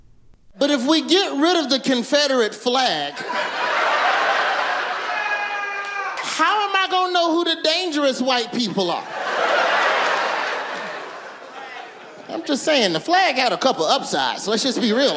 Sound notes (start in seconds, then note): 3.1 laughter; 9.0 laughter